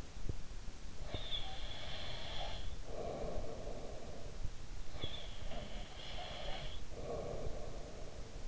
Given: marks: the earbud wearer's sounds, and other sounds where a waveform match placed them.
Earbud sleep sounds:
sounds in sleep by an in-ear microphone; breath
0.89-4.52 s: breath
4.72-8.48 s: breath

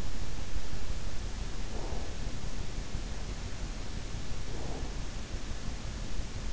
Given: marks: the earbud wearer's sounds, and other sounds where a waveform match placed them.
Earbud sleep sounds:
sounds in sleep by an in-ear microphone; breath
4.36-5.16 s: breath

